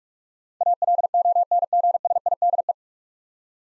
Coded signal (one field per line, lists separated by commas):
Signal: Morse code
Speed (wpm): 44 wpm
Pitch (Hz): 700 Hz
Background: none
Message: ALONGSIDE